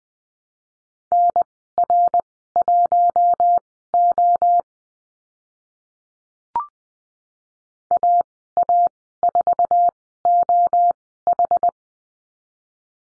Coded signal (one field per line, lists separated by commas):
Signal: Morse code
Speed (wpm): 20 wpm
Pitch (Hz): 700 Hz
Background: none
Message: NR1O AA4OH